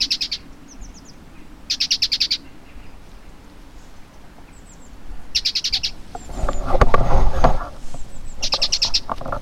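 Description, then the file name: Great tit rattling scold in four quick buzzy bursts, with a stretch of loud rustling and knocking between the last two. "Parus major"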